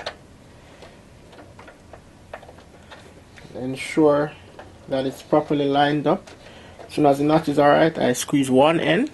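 A RAM module is positioned over a motherboard DIMM slot and its notch lined up, with small handling taps at about 0.1, 1.6, 1.9, 2.3 and 3.4 seconds. Someone talks from around 3.6 seconds onward. Nothing has seated or clicked yet.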